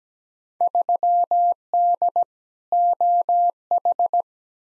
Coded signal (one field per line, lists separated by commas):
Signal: Morse code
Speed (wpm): 17 wpm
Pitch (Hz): 700 Hz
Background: none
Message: 3D OH